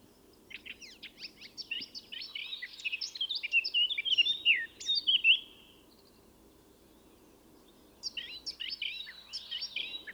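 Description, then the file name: Eurasian blackcap song, a busy twittering warble that rises into loud fluty notes, falls silent for two seconds, then resumes with scratchy chatter. "Sylvia atricapilla"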